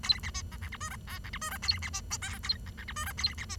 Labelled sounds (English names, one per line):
Bengalese Finch song